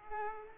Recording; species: mosquito wingbeat signal from an infrared sensor; Culex pipiens